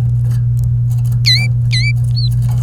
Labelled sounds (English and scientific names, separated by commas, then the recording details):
Domestic Canary (Serinus canaria) song
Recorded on 28 April 2018 at 07:52
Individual llb3